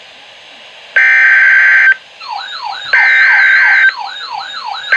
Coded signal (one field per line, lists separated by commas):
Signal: Emergency Alert System (SAME) tones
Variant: header bursts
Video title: NOAA - 4 Flood Warnings (EAS #1,060-1,063)